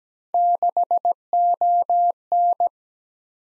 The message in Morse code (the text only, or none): 6ON